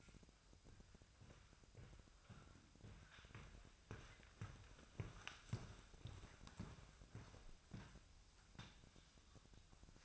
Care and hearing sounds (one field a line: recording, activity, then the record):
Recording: daily activity, microphone in the room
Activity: walk to room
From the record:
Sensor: 2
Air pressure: 999.3 hPa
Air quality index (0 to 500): 193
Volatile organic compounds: 26 ppm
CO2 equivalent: 2853 ppm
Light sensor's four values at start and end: 7/16/7/7 and 7/16/6/7